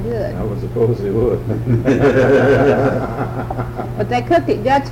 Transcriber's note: all laugh